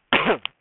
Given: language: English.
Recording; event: throat vibration sensor signal played as sound; cough